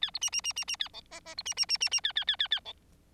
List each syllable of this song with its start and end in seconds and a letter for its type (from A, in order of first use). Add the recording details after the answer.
0.01-0.11 A, 0.14-0.19 B, 0.21-0.30 C, 0.32-0.41 C, 0.44-0.53 C, 0.56-0.64 C, 0.67-0.76 C, 0.79-0.88 A, 0.93-1.01 D, 1.11-1.20 E, 1.25-1.35 E, 1.37-1.42 B, 1.45-1.54 C, 1.57-1.66 C, 1.68-1.78 C, 1.80-1.89 C, 1.91-2.01 C, 2.03-2.12 A, 2.15-2.25 A, 2.27-2.36 A, 2.39-2.48 A, 2.50-2.60 A, 2.65-2.73 D. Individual Bird4